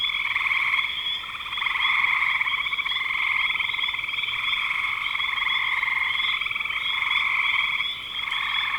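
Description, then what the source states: Frogs in a dense chorus, a steady shrill trilling with high layered bands that dips briefly near one and eight seconds. Recorded in spring 2025.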